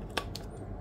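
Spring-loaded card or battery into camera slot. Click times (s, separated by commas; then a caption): 0.2 s, 0.4 s. A spring-loaded card or battery is pushed into a slot in a Canon EOS R8 camera. Two crisp clicks are heard at 0.2 s and 0.4 s as the insert clicks home and seats. No one talks in the clip.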